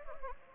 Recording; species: mosquito wingbeat signal from an infrared sensor; Anopheles gambiae